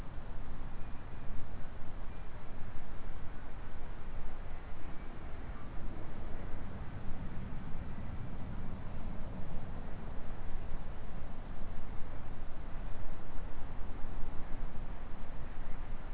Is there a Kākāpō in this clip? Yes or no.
no